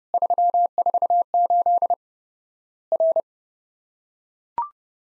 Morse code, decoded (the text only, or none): 348 R